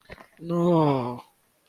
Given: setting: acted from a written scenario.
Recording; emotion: vocal sound without words; distress